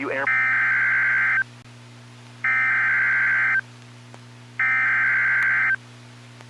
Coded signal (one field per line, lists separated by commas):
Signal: Emergency Alert System (SAME) tones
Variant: header bursts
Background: speech